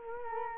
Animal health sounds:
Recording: mosquito wingbeat signal from an infrared sensor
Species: Culex quinquefasciatus

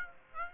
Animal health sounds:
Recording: mosquito wingbeat signal from an infrared sensor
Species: Aedes aegypti

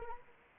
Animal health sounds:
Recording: mosquito wingbeat signal from an infrared sensor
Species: Anopheles arabiensis

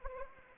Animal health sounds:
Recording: mosquito wingbeat signal from an infrared sensor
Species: Anopheles arabiensis

